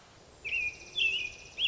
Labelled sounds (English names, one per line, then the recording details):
American Robin
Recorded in Sonoma County, California